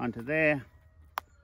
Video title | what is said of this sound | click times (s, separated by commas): Premium Chicken Saddles - How to use the saddles | nice click then on the other side I get the strap from behind coming | 1.2 s